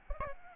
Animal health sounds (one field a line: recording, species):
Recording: mosquito wingbeat signal from an infrared sensor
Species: Aedes albopictus